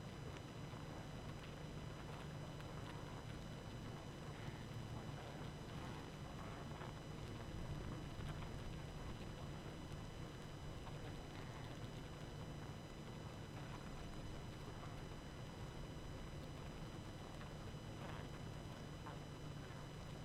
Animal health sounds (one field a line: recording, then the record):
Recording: honeybee colony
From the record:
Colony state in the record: active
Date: 12 June 2018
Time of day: 22:09